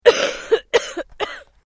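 An adult woman gives three strong, acted coughs in quick succession, each a sharp burst that fades away.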